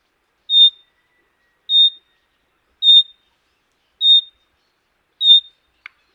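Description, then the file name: Common nightingale calls: a pure, even whistle repeated about every 1.2 seconds, five times, with a faint click at the end. "Luscinia megarhynchos"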